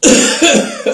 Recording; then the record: coughing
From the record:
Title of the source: Spring Cold Coughing.